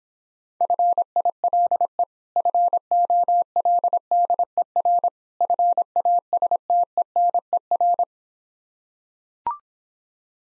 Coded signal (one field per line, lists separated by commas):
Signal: Morse code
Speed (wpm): 26 wpm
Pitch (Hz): 700 Hz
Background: none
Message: FILE FOLDER FASTENER